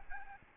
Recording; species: mosquito wingbeat signal from an infrared sensor; Aedes albopictus